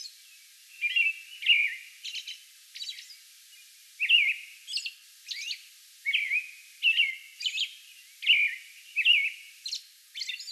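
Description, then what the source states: American robin song: clusters of whistled, warbling phrases separated by short gaps, with thin, high squeaks tucked between them. May 11; song bout.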